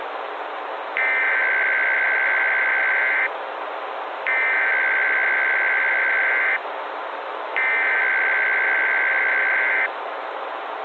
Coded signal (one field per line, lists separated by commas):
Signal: Emergency Alert System (SAME) tones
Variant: header bursts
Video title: EAS Scenario/Analog & Digital Horror - Y2K Bug